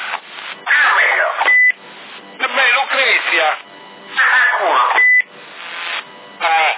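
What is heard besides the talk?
telephone being dialed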